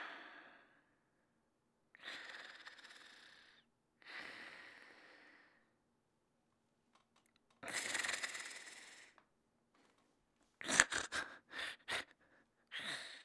Man Snoring.